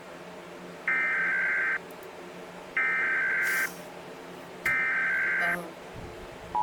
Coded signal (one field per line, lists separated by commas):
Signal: Emergency Alert System (SAME) tones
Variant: header bursts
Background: speech